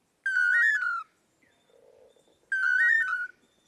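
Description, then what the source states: Long-tailed manakin toledo song: a clear, slightly warbling three-part whistle, given twice about two seconds apart. Pair of males in Central America teaming up to woo females with song and dance; the duo may perform the song up to 5,000 times a day.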